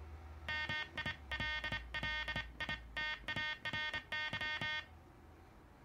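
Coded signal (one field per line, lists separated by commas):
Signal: Morse code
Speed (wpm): 27 wpm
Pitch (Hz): 1850 Hz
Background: none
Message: MILLITARY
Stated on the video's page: Sideswiper (cootie) key, Soviet-made KDM 2, slightly modified with its lever mounted on two bearings under a bakelite base.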